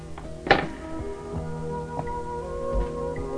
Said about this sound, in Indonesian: Hei, siapa yang mengetuk pintu malam-malam begini?